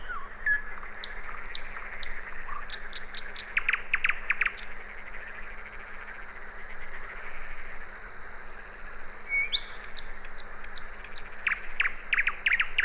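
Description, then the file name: Common nightingale: repeated high whistles, a burst of loud clicking pulses, soft high piping and later another run of repeated notes, against a constant low hum. "Luscinia megarhynchos"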